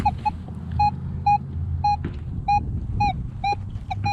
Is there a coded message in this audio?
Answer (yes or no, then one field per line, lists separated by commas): no